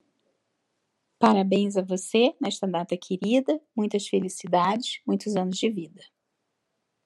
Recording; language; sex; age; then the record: short text; Brazilian Portuguese; female; 50 to 59 years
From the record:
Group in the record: control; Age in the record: 56 years